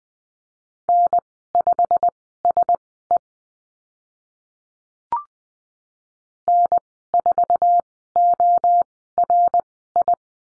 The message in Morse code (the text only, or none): N5SE N4ORI